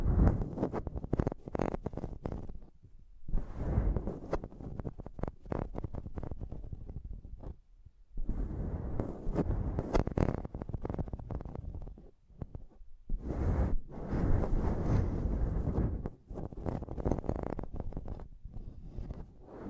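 Intense tapping and scratching on a microphone: dense bursts of rough, thumping scratches, heavy in the low end with crisp bright edges. The activity comes in long stretches broken by short quiet gaps near 3, 7.5, 12 and 16 seconds.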